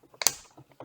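A plastic watertight drip fitting with a valve is plugged into a punched hole in poly drip irrigation mainline tubing. It snaps in with two sharp, bright clicks at 0.2 and 0.3 seconds, with fainter ticks before and after, and the fitting is seated.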